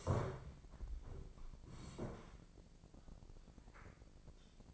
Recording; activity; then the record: daily activity, microphone in the room; sit down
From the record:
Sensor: 5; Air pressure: 1012.4 hPa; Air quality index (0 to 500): 162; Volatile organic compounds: 2 ppm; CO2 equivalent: 1103 ppm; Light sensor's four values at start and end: 264/630/270/301 and 264/630/270/301